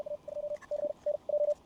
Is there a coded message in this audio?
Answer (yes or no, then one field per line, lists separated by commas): no